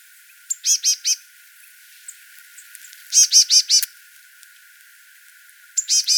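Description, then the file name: Marsh tit calling: three bursts of rapid, nasal, buzzy notes, each burst three to five notes, with a few thin high chips between bursts. "Poecile palustris"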